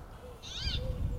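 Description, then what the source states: Brambling call: one drawn-out, nasal, slightly arched note with strong harmonics, and faint low whistles beneath it. Played back as an example of the plaintive 'wee' call after one was heard calling.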